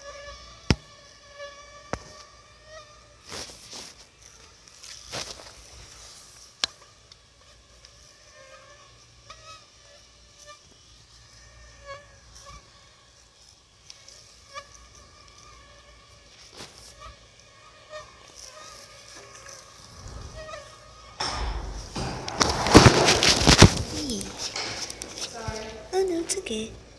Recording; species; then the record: mosquito flight sound by mobile phone; Aedes aegypti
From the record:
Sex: female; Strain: 10130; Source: CDC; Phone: Sony Xperia